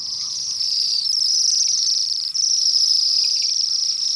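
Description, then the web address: Bohemian Waxwings calling: thin, very high buzzy trills overlapping into a near-continuous shimmering sound with one brief pause. Winter visitor. "BIRD NOTE. Bohemian Waxwings"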